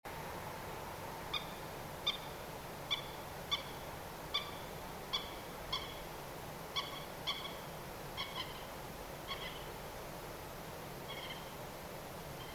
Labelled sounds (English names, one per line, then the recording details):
Common Moorhen
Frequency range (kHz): Common Moorhen 1.0-7.5 kHz
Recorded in France